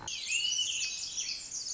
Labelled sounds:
Pacific Wren (Troglodytes pacificus)
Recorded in Sonoma County, California

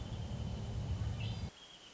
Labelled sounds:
Wrentit (Chamaea fasciata)
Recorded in Sonoma County, California

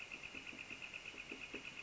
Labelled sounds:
Northern Flicker (Colaptes auratus)
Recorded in Sonoma County, California

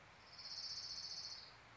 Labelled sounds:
Orange-crowned Warbler (Leiothlypis celata)
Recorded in Sonoma County, California

